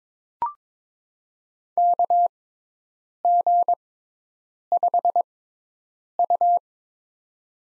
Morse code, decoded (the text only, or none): KG5U